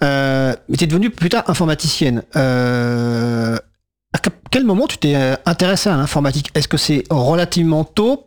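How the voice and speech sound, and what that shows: An adult radio interviewer speaks French in a clear, fluent, conversational voice, asking a guest a question. Pitch and rhythm are ordinary, with one short pause mid-question. This is typical speech with no sign of a voice or speech disorder.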